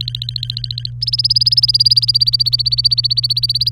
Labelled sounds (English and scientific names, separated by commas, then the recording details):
Domestic Canary (Serinus canaria) song
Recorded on 24 April 2018 at 11:36
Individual llb3